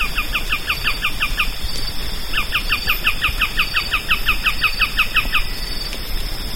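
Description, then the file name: Bird calls in two fast series of short chirps repeated several times a second, with a steady high hum throughout. "SABIOD 50 bird 2015"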